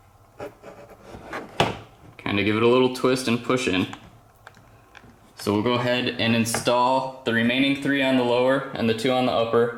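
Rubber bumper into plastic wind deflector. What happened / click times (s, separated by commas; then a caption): The rubber bumper popped into its hole / 1.6 s. A small rubber bumper is pushed and twisted into a mounting hole in a plastic wind deflector on a Sea-Doo Spark storage bin install. It seats with a sharp pop at 1.6 s while someone talks.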